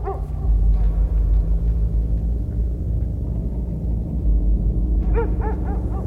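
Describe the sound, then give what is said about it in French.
A dog in a forest barks in a few short, sharp bursts, once at the start and again in a quick cluster near the end, over a steady, loud low rumble like an idling engine. “Face à lui, un chien qui aboie.”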